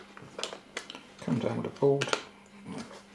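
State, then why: Not seated. During reassembly of a Sony Handycam CCD-TR8E camcorder's CRT viewfinder after a viewfinder fault, the repaired circuit board is being handled and pushed down toward its plastic housing. Someone talks while brief handling taps are heard around 0.4, 0.8 and 0.9 seconds. Nothing has seated or clicked into place yet.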